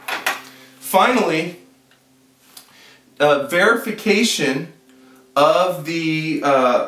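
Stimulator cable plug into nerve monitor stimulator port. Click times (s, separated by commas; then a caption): 0.1 s, 0.3 s. A nerve-monitoring stimulator cable plug from a Nerveäna Nerve Monitoring System is pushed into the stimulator port on its plastic interface during setup for surgery, snapping at 0.1 s and 0.3 s as it seats in the port. Someone talks over and after the snaps.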